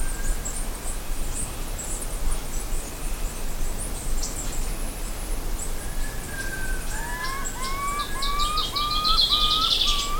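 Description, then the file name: Bird calls: a string of rising whistled notes, joined by a buzzy high trill, with scattered high chirps and low background rumble. "SABIOD 50 bird 2015"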